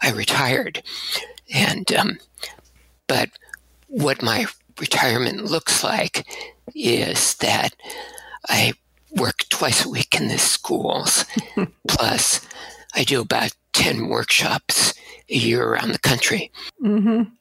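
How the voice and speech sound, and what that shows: An adult man speaks in short, choppy, staccato bursts split by frequent pauses, with a breathy, creaky voice and whispered-sounding breaks. This is abductor spasmodic dysphonia: the vocal folds open involuntarily, causing breathiness. A significant vocal tremor followed the last of two voice-damaging surgeries, 12 years earlier, and clipped syllables keep longer sounds from coming out as a shaky tremor.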